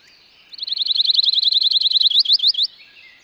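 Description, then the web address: Pine warbler song: a fast, even trill of sweet repeated notes that slows into a few separate notes at the finish. Spring song. "suono del canto primaverile del cantore della pineta"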